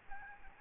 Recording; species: mosquito wingbeat signal from an infrared sensor; Aedes albopictus